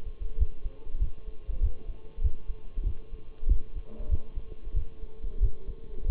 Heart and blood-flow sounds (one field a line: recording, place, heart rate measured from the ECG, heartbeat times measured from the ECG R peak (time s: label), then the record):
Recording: heart sounds by stethoscope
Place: between the tricuspid and mitral areas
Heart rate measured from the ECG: 95 bpm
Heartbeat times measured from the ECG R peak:
0.39 s: heartbeat
1.01 s: heartbeat
1.62 s: heartbeat
2.23 s: heartbeat
2.86 s: heartbeat
3.49 s: heartbeat
4.11 s: heartbeat
4.76 s: heartbeat
5.42 s: heartbeat
6.08 s: heartbeat
From the record:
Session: Bruce protocol treadmill stress test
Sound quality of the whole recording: partially saturated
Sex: male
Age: 23 years